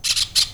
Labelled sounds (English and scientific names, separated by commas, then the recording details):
Brown-throated Parakeet (Eupsittula pertinax) contact call
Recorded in Venezuela
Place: Cerro Saroche, Hato Dalmatela, Edo. Lara
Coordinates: 10.149, -69.534